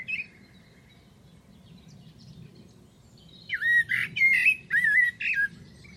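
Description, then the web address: Bird calls: one short squawk at the start, a long quiet gap with low hum, then a run of five or six harsh, buzzy squawks near the end. "cianscape birddata Deverinetal 2025 Bird Only Tu Me"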